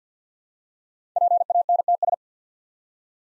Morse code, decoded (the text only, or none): PANTS